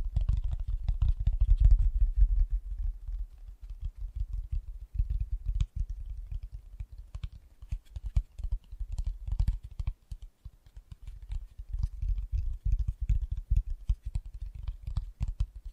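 Fast, gentle tapping runs through the whole sixteen seconds in quick, uneven bursts, like fingertips pattering on a hard surface. The taps are mostly soft and low, with faint clicky ticks above them, and a few stronger taps stand out near the start and middle.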